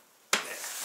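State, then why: Seated. A pickup truck's headlight housing is pushed back in so its ball stud snaps into a white plastic retaining clip. A sharp, loud click at 0.3 s marks the ball seating in the clip, followed by a brief broadband rustle. The housing is seated.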